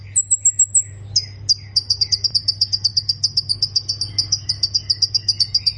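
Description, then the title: Plain prinia: a short burst of very high thin notes, then a steady chain of quick chirps repeated about four times a second, over a low hum. "Ciblek Sawah"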